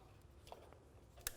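The release clip on the plastic wiring plug of the diesel common rail pressure sensor on a MK7 VW Golf GTD 2.0 184PS is pressed in to unlock it before the plug is pulled off. After a few faint ticks, a sharp click comes at 1.3 s as the clip releases.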